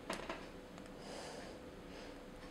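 A removable plastic front clip-on part of an Armarauders Bellerophon (Retail Ver.) action figure is handled while being lined up to clip back on. Two light plastic ticks come near 0.1 s and 0.3 s, followed by soft handling noise. Nothing has seated or clicked yet.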